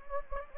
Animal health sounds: mosquito wingbeat signal from an infrared sensor; Anopheles gambiae

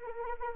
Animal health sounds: mosquito wingbeat signal from an infrared sensor; Anopheles arabiensis

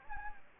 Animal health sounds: mosquito wingbeat signal from an infrared sensor; Anopheles gambiae

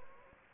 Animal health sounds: mosquito wingbeat signal from an infrared sensor; Anopheles gambiae

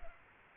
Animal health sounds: mosquito wingbeat signal from an infrared sensor; Aedes aegypti

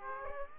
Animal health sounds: mosquito wingbeat signal from an infrared sensor; Aedes aegypti

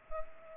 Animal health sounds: mosquito wingbeat signal from an infrared sensor; Culex pipiens

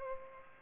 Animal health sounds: mosquito wingbeat signal from an infrared sensor; Culex pipiens

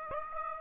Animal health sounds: mosquito wingbeat signal from an infrared sensor; Aedes aegypti

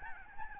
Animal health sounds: mosquito wingbeat signal from an infrared sensor; Aedes albopictus

